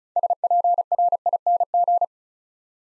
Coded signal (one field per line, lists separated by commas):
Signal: Morse code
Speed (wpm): 36 wpm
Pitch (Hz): 700 Hz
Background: none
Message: SPRING